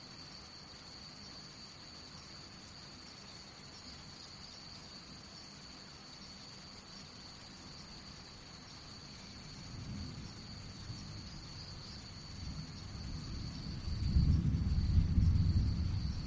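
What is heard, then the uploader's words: Gentle rain patters steadily while a thin, high insect-like whine runs unbroken through the whole clip. Around ten seconds a low rumble of thunder swells, then builds louder and deeper from about fourteen seconds to the end. Calming Rain and Thunder Sounds. The gentle pitter-patter of raindrops and the distant rumble of thunder. Feel the rhythm of the rain as it taps against the windowpane or dances on the leaves outside.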